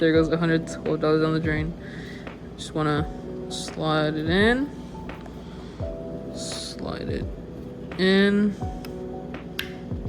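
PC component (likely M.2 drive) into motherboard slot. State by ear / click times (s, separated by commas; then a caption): seated / 9.6 s. A $112 PC component is slid into its slot on a motherboard and then laid down, while someone talks over music. A small, sharp click at 9.6 s marks the component seating in the slot.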